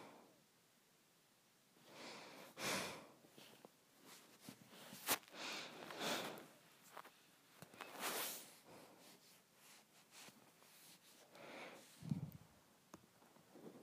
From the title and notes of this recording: ASMR Nose Breathing.